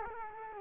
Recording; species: mosquito wingbeat signal from an infrared sensor; Culex quinquefasciatus